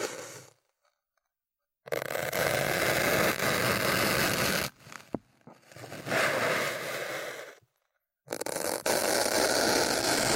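Ear cleaning massage: dense, rough rustling and scraping fills the sound in long bursts of about two seconds, each ending abruptly in near silence. A short scratch and a few clicks fall in the gap around five seconds before the rubbing resumes.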